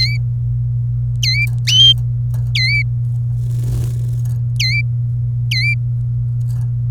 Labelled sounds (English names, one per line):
Domestic Canary song